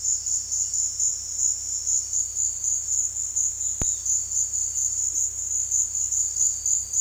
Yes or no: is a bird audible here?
no